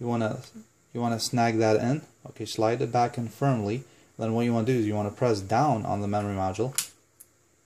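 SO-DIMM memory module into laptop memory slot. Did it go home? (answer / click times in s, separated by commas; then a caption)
yes / 7.2 s. Someone talks while pressing down on an angled SO-DIMM memory module in the memory slot of a Lenovo G580 laptop during a memory upgrade. A short, sharp snap is heard at 7.2 s as the slot's side retaining clips catch the module and it locks into place, fully seated.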